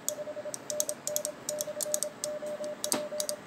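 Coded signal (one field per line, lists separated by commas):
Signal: Morse code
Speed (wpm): 26 wpm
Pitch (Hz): 600 Hz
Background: none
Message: 5NN /OP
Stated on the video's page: CW DX contacts with several friends on the air.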